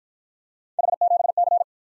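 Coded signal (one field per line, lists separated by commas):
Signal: Morse code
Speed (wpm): 54 wpm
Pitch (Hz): 700 Hz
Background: none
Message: H7C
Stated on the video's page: Computer-generated Morse practice of three-character letter-number combinations, starting at 45 wpm and slowing to a base speed, with a final repeat at maximum speed.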